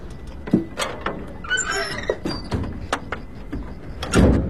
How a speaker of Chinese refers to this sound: 门咋关上了呢？